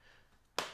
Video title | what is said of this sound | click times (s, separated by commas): The MOST PROTECTIVE CASE For The iPhone 16 Pro Max!! - Casetify Ultra Bounce Case | So all 4 of your corners are going to click on here very, very nicely. | 0.6 s